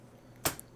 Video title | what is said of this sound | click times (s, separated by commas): DVLOG Lenovo Thinkpad e545 Upgrade | press down you can hear it click in place | 0.5 s